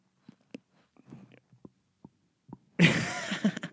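About seven brief, sharp clicks over two and a half seconds, then a louder rustling burst at the end. This is jaw clicking from temporomandibular joint dysfunction in an adult, where the joint pops or clicks as the mouth opens and closes. The jaw clicks and locks all the time, with tender pain behind the ear and at the back of the jaw, worse after heavy drinking.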